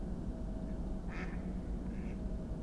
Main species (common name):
Mallard